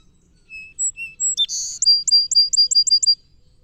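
Song sparrow singing whistled opening notes at two pitches, a buzzy burst, then a fast run of about seven bright chips.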